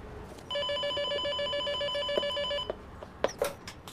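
telephone ringing

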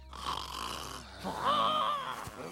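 snoring

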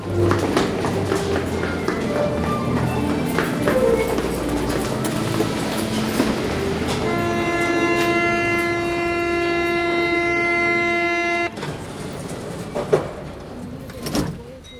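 metro train running

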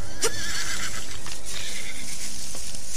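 horse neighing

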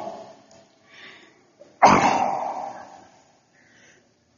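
sneeze

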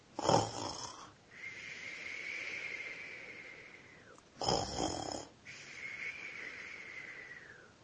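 soft snoring

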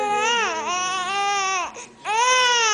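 newborn baby crying

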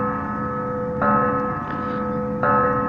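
church bell ringing

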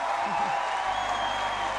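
theater audience applause

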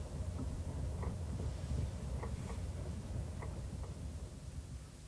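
inside a moving train

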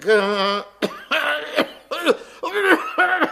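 coughing and throat clearing

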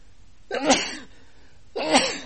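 sneeze

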